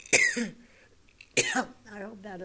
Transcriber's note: she coughs